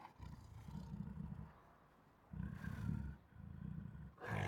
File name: Sound Ideas. Siberian Tiger Protective Growls, Roars and Snarls